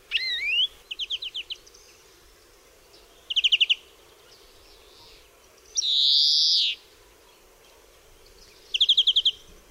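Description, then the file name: European greenfinch song: a rising thin whistle, then short rapid trills, a long nasal wheeze, and another quick trill at the end. "DZWONIEC"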